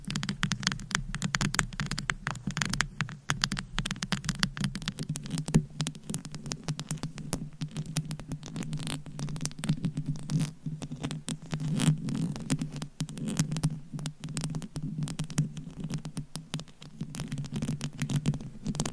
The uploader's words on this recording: ASMR IMMUNITY TEST 10 Levels of Tapping INTENSE Trigger Warning! No Talking.